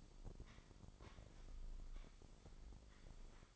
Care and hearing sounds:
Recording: daily activity, microphone in the room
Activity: sweep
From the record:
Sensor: 5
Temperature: 24.6 degrees Celsius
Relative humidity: 32.2%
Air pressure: 996.1 hPa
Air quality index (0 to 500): 100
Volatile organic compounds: 6 ppm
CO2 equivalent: 1921 ppm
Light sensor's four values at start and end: 44/105/43/46 and 43/105/43/46

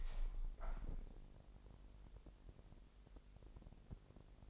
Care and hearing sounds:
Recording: daily activity, microphone in the room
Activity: open window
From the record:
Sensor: 5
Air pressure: 1000.4 hPa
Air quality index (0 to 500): 247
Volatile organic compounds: 34 ppm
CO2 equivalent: 3046 ppm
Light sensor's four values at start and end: 34/78/31/29 and 34/78/31/29

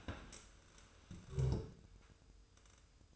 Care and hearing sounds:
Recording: daily activity, microphone in the room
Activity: stand up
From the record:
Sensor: 2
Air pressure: 1004.9 hPa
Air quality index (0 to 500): 100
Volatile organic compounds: 2 ppm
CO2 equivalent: 1216 ppm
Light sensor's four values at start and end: 7/16/7/7 and 7/17/7/7

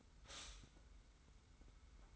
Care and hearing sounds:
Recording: daily activity, microphone in the room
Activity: stop toaster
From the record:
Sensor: 3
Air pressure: 990.7 hPa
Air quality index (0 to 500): 157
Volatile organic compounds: 684 ppm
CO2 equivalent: 5026 ppm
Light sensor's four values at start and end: 35/84/34/32 and 35/84/34/32

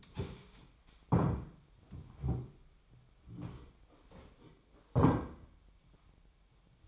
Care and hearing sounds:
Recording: daily activity, microphone in the room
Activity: stand up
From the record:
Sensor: 1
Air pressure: 1008.0 hPa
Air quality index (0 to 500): 190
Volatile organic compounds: 17 ppm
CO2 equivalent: 2576 ppm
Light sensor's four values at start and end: 13/34/13/15 and 13/33/13/15

